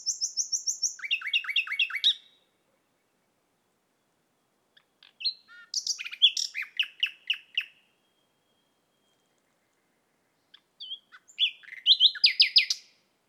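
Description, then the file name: Common nightingale song: three separate phrases of rapid repeated notes and rattling trills, separated by silences. "Luscinia megarhynchos"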